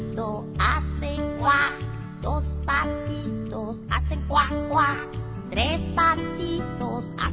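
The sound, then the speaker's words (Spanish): Repeated nasal duck quacks come in short rhythmic bursts over a steady, bass-heavy musical backing, loud and regular across the whole stretch. “Un patito.”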